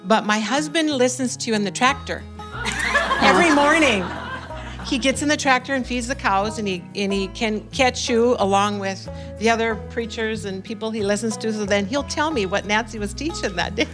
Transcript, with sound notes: but my husband listens to you in the tractor every morning. (laughter) He gets in the tractor and feeds the cows, and he can catch you along with the other preachers and people he listens to, so then he’ll tell me what Nancy was teaching that day.